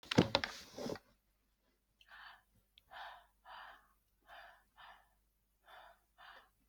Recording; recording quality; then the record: shallow breathing; excellent, no background noise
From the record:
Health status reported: healthy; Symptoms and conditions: none ticked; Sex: female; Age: 37 years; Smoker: not ticked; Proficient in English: yes